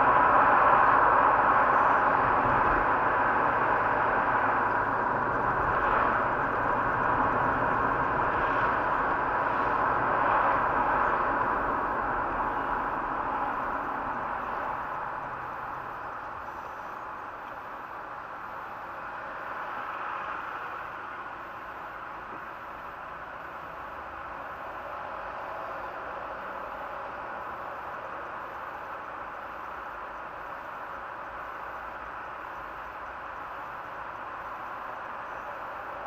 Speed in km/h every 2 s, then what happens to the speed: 45, 46, 48, 48, 48, 41, 28, 12, 4, 2, 2, 2, 2, 2, 2, 2, 2, 2.
0-9 steady at about 48. 9-17 brakes to 2. 17-36 standing.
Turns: none.